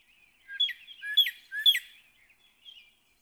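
Northern cardinal song: three quick, sharp slurred notes about half a second apart, followed by a faint final note.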